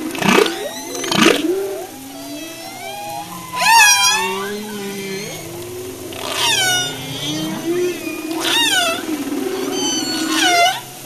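Humpback whale song: sliding low moans and groans run throughout, broken by several loud warbling up-and-down cries.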